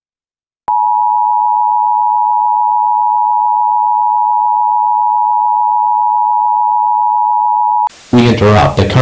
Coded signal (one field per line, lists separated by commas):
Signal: Emergency Alert System (SAME) tones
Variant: 853 and 960 Hz attention tone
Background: speech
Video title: EAS Scenario - Outbreak (Virus Scenario Part 3)